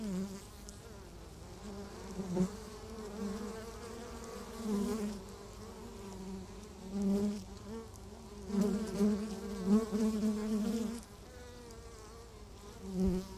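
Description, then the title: Honey bees droning in a hive, dense buzzing with louder bees passing close in repeated surges, especially around two, five and nine seconds. Bees inside a beehive, recorded in Laren, Gelderland, Netherlands, on July 17, 2015; not a binaural recording. "Beehive. Bijenkorf (Laren Gld., July 17th 2015)"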